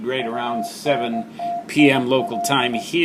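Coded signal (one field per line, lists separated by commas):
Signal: Morse code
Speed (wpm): 18 wpm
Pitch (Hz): 690 Hz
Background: speech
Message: UNTIL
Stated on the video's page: CW pileup on 18.071 MHz working a DXpedition in Panama, heard with poor SWR and 10 watts.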